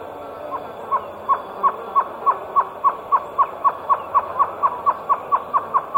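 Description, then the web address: Great antshrike song: a steady series of short, hollow, mid-pitched notes, about four per second, gradually growing louder and slightly quicker. Eastern lowlands of South America. "Natures Songs S America Eastern Lowlands. Great Antshrike"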